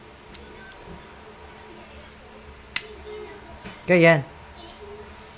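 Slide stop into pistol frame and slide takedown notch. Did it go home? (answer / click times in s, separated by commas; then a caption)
yes / 2.8 s. During reassembly of a KWC 1911 Tactical airgun pistol, the metal slide stop is lined up with the hole of the takedown notch in the slide and pushed into the frame. A faint tick sounds at 0.4 s, then a sharp metallic hit at 2.8 s as the slide stop seats and locks into the takedown notch. Someone talks briefly afterward.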